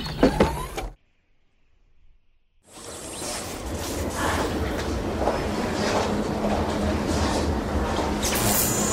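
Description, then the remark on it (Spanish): A wheelchair being unloaded from a vehicle on arrival at the Félix clinic: a brief clatter, a short silence, then a long, steady mechanical whirring with light rattles and occasional clunks throughout. “Espera que saco la silla, que nos deben estar esperando.”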